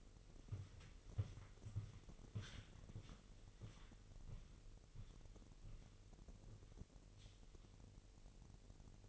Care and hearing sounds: daily activity, microphone in the room; walk to room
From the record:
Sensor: 4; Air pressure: 1002.8 hPa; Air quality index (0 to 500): 248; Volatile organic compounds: 10 ppm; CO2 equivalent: 2218 ppm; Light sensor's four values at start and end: 12/27/11/11 and 12/28/11/11

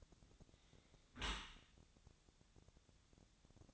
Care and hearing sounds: daily activity, microphone in the room; close dishwasher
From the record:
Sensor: 3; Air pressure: 1000.5 hPa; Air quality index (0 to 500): 173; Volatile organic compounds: 3 ppm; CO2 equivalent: 1499 ppm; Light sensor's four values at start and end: 13/36/14/16 and 13/36/14/15

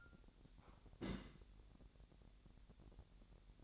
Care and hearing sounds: daily activity, microphone in the room; place on stove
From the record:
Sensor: 3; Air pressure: 1012.1 hPa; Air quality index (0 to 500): 197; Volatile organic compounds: 3 ppm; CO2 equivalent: 1477 ppm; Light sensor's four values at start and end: 122/286/119/107 and 122/286/119/107

